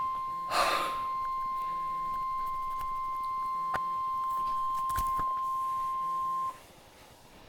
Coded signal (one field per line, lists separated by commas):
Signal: Emergency Alert System (SAME) tones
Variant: 1050 Hz attention tone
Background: speech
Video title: tornado warning for michigan [EAS #31] fake read description